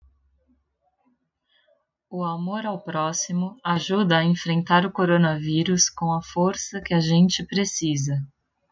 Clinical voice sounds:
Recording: spoken sentence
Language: Brazilian Portuguese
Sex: female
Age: 30 to 39 years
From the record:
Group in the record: control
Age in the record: 35 years

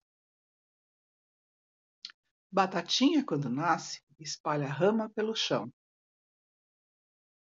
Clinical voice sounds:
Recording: short text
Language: Brazilian Portuguese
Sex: female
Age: 60 to 69 years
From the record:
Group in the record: control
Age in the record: 62 years

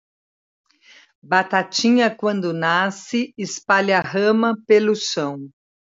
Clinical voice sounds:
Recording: short text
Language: Brazilian Portuguese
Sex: female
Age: 60 to 69 years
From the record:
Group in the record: control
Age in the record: 61 years

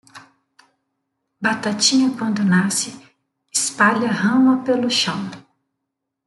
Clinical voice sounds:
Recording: short text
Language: Brazilian Portuguese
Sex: female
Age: 40 to 49 years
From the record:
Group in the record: control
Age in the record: 49 years

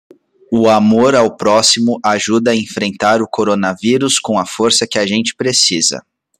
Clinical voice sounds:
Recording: spoken sentence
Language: Brazilian Portuguese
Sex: male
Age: 20 to 29 years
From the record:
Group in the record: control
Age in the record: 27 years

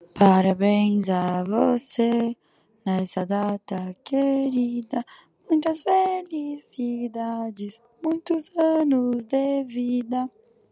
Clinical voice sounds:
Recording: short text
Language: Brazilian Portuguese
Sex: female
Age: 20 to 29 years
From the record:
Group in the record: control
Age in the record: 23 years

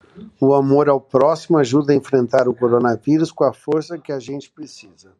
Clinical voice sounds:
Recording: spoken sentence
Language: Brazilian Portuguese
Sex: male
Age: 50 to 59 years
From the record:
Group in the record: control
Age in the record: 56 years

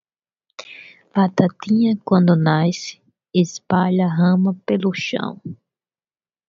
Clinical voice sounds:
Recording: short text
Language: Brazilian Portuguese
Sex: female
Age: 30 to 39 years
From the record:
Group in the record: control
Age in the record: 35 years

